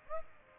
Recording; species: mosquito wingbeat signal from an infrared sensor; Aedes aegypti